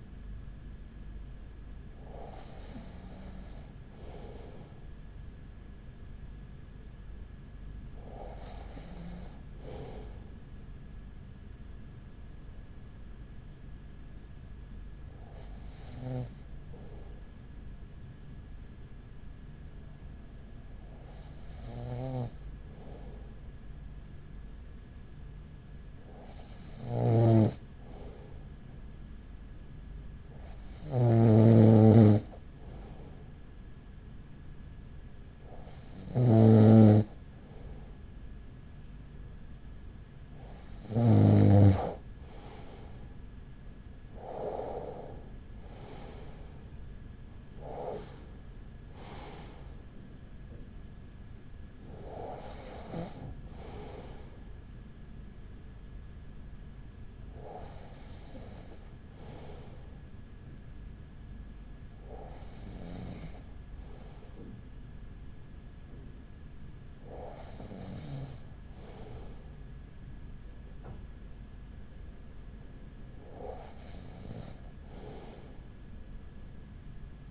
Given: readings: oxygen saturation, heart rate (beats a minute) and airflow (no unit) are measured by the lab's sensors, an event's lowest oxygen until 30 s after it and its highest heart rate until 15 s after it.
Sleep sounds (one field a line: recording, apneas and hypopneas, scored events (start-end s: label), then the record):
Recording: breathing in sleep by a smartphone at the bedside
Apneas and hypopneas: 1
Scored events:
13.00-44.60 s: hypopnea (N1, oxygen 96% highest, then 94% lowest, heart rate 38 at the start, 47 highest)
29.00-59.00 s: new sleep stage, N2 (light sleep)
59.00-77.31 s: new sleep stage, N1 (lightest sleep)
From the record:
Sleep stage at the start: N1 (lightest sleep)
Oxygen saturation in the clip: 94 to 96%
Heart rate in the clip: 36 to 47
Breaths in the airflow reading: 15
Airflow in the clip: -6.2 to 7.8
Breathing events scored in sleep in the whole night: 207 in 7.6 hours asleep